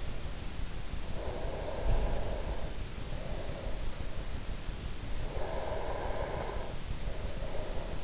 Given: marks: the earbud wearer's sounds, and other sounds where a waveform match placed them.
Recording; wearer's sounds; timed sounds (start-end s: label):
sounds in sleep by an in-ear microphone; breath
0.50-4.21 s: breath
4.84-8.04 s: breath